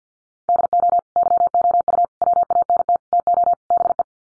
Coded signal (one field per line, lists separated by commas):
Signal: Morse code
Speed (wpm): 50 wpm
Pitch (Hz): 700 Hz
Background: none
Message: DO YOU WANT TO BE